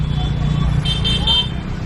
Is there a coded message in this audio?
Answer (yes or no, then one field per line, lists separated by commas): no